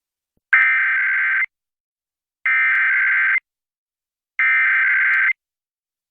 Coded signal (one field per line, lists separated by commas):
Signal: Emergency Alert System (SAME) tones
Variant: header bursts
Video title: EAS- San Diego County Required Monthly Test on KOGO-AM and KHTS-FM